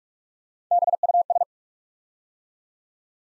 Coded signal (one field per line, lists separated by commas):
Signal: Morse code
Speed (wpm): 44 wpm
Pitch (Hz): 700 Hz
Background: none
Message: BUS